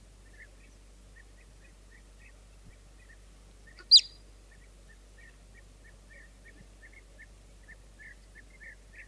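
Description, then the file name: Marmot call, a single sharp, loud high whistle midway, with faint soft chirps scattered in the quiet background. "Golosa ptic i zverei - Surok"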